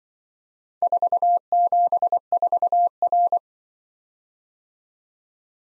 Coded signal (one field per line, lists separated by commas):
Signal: Morse code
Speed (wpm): 23 wpm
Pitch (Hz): 700 Hz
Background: none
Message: 474R